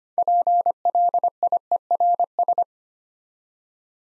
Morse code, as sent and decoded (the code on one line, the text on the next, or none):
.--. .-.. .. . .-. ...
PLIERS